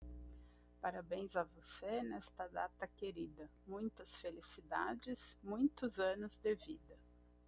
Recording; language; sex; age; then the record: short text; Brazilian Portuguese; female; 40 to 49 years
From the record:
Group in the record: control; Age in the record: 41 years